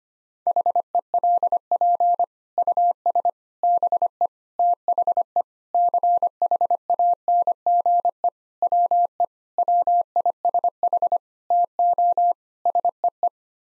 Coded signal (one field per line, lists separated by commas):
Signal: Morse code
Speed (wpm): 25 wpm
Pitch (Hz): 700 Hz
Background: none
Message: HELP US BE THE CHANGE WE WISH TO SEE